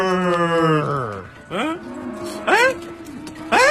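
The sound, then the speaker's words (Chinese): A long, low cow moo slides downward in pitch, followed by several shorter, bending bovine calls spaced about a second apart, fairly loud throughout, as startled cows run off. “哎，这牛干嘛都跑了呀？”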